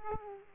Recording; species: mosquito wingbeat signal from an infrared sensor; Aedes aegypti